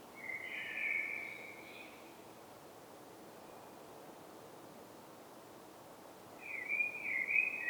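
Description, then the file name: Common blackbird giving two short mellow whistled phrases, separated by a long gap of rushing background noise. "Turdus merula"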